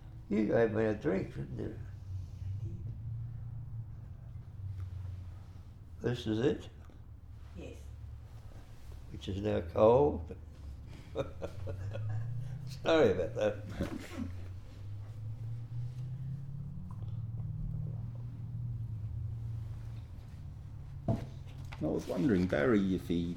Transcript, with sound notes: You gave me a drink didn’t you, this is it, which is now cold, [laughs] sorry about that.
I was wondering Barry if he